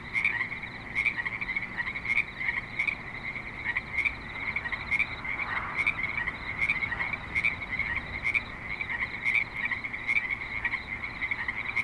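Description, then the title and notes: Frogs calling in chorus, overlapping raspy croaks repeated at a steady pace. Several frogs at a creek in Spanish Springs, Nevada, USA, in a suburban setting. "Frogs in Spanish Springs, NV - creek view. Frogs with light traffic and other suburban sounds"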